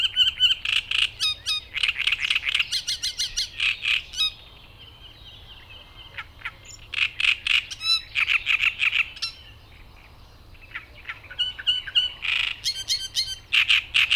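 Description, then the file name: Great reed warbler singing harsh, creaky repeated notes in rhythmic groups, broken by two quiet gaps before the grating phrases start again. "Drosselrohrsaenger Gesang"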